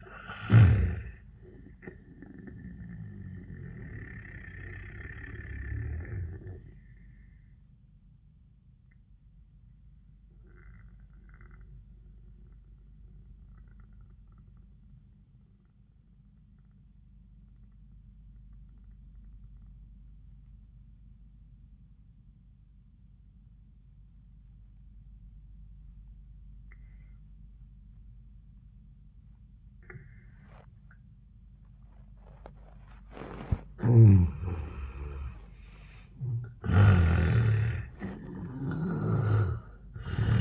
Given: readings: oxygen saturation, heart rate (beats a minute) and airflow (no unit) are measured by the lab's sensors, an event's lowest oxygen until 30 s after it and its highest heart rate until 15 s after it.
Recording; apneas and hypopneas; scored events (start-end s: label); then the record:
breathing in sleep by a smartphone at the bedside; 1
7.00-34.90 s: obstructive apnea (N1, oxygen 96% highest, then 75% lowest, heart rate 81 at the start, 97 highest)
8.00-38.00 s: new sleep stage, N2 (light sleep)
38.00-40.41 s: new sleep stage, N1 (lightest sleep)
From the record:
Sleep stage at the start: N1 (lightest sleep); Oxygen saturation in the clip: 77 to 96%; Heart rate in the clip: 74 to 100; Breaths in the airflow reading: 2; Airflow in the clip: -33.5 to 30.7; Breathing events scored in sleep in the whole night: 400 in 8.7 hours asleep